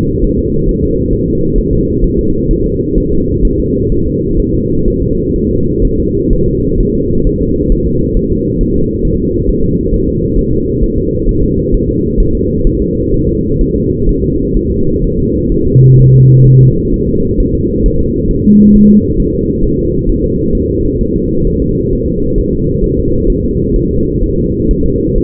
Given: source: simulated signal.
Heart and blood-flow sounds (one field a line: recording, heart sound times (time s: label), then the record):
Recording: fetal heart sounds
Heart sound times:
0.24 s: S1
0.39 s: S2
0.69 s: S1
0.83 s: S2
1.13 s: S1
1.28 s: S2
1.58 s: S1
1.73 s: S2
2.04 s: S1
2.19 s: S2
2.51 s: S1
2.66 s: S2
2.98 s: S1
3.12 s: S2
3.45 s: S1
3.60 s: S2
3.92 s: S1
4.07 s: S2
4.40 s: S1
4.54 s: S2
4.88 s: S1
5.02 s: S2
5.36 s: S1
5.51 s: S2
5.85 s: S1
5.99 s: S2
6.33 s: S1
6.48 s: S2
6.80 s: S1
6.95 s: S2
7.27 s: S1
7.41 s: S2
7.72 s: S1
7.87 s: S2
8.17 s: S1
8.31 s: S2
8.61 s: S1
8.76 s: S2
9.05 s: S1
9.20 s: S2
9.49 s: S1
9.64 s: S2
9.94 s: S1
10.09 s: S2
10.39 s: S1
10.53 s: S2
10.83 s: S1
10.98 s: S2
11.29 s: S1
11.44 s: S2
11.74 s: S1
11.89 s: S2
12.20 s: S1
12.35 s: S2
12.67 s: S1
12.82 s: S2
13.14 s: S1
13.29 s: S2
13.61 s: S1
13.76 s: S2
14.09 s: S1
14.24 s: S2
14.57 s: S1
14.71 s: S2
15.04 s: S1
15.19 s: S2
15.52 s: S1
15.66 s: S2
15.99 s: S1
16.14 s: S2
16.47 s: S1
16.61 s: S2
16.94 s: S1
17.08 s: S2
17.40 s: S1
17.55 s: S2
17.86 s: S1
18.01 s: S2
18.31 s: S1
18.46 s: S2
18.75 s: S1
18.90 s: S2
19.20 s: S1
19.34 s: S2
19.64 s: S1
19.79 s: S2
20.09 s: S1
20.24 s: S2
20.55 s: S1
20.70 s: S2
21.01 s: S1
21.16 s: S2
21.47 s: S1
21.62 s: S2
21.93 s: S1
22.08 s: S2
22.38 s: S1
22.53 s: S2
22.84 s: S1
22.99 s: S2
23.30 s: S1
23.44 s: S2
23.76 s: S1
23.91 s: S2
24.23 s: S1
24.38 s: S2
24.71 s: S1
24.86 s: S2
25.18 s: S1
From the record:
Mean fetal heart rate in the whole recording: 130 bpm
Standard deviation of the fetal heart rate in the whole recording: 4 bpm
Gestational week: 38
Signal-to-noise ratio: -15.3 dB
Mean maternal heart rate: 72 bpm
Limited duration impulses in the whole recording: present